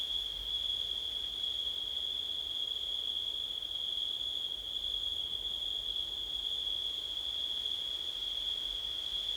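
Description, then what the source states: Steady cricket trilling, a single high ringing band sustained from start to finish, with faint overtones and a gentle rumble of background noise. September night, with wind.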